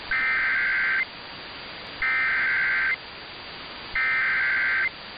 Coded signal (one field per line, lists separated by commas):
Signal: Emergency Alert System (SAME) tones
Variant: header bursts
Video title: [EAS #1726] Yolo County Flash Flood Warning on KFBK AM 1530